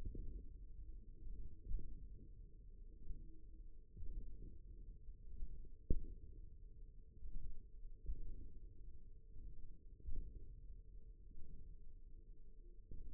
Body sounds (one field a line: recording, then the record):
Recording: forearm muscle sounds (acoustic myography)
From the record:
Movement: wrist extension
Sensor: system 1, eight BSWA MPA416 microphones around the upper forearm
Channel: 2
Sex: male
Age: 54 years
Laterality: right